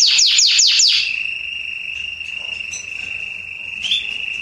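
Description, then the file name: Canary song, a burst of four or five fast descending sweeps followed by a long steady high whistled trill, with faint background hum. "Canary Voice"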